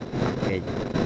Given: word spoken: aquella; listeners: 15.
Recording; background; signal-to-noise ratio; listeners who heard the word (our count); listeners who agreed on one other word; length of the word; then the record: one Spanish word in noise, from a listening test; noise modulated by three-talker babble; -4.8 dB; 0 of 15; 6 of 15; 0.66 s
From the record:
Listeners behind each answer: 6, 3, 1, 1, 1, 1, 1, 1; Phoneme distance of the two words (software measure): 10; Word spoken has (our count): 3 syllables, 5 phonemes, stress on syllable 2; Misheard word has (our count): 3 syllables, 5 phonemes, stress on syllable 2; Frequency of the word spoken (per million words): 221.04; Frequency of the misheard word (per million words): 78.54